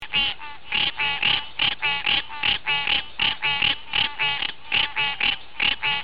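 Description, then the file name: Green treefrog calling in a rapid run of nasal, honking notes, slightly irregular. "Hyla cinerea"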